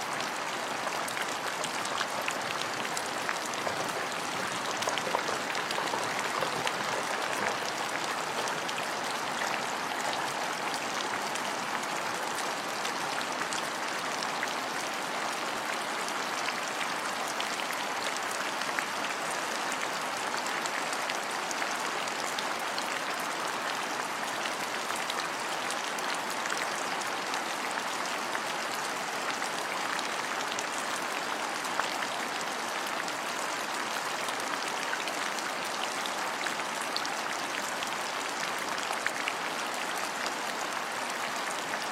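Steady, dense rain hisses evenly for the whole stretch, a patter of countless drops with a bright, crackling texture and little low rumble.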